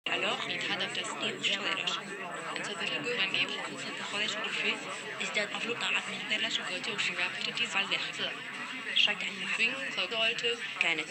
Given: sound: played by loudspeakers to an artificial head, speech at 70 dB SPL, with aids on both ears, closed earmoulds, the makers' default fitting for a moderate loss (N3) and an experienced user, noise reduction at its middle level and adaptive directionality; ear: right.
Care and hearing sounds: speech test signal (ISTS) in cocktail-party noise; -6 dB; in front (0 degrees)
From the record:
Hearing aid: class 1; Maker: I

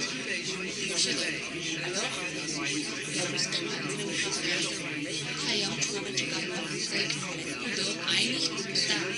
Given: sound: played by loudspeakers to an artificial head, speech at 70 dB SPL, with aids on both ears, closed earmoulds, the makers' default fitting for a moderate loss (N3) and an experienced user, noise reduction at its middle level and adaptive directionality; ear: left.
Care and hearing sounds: speech test signal (ISTS) in cocktail-party noise; -6 dB; on the right (90 degrees)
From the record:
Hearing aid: class 1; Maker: B

